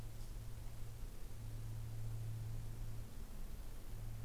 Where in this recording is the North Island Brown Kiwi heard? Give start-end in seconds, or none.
none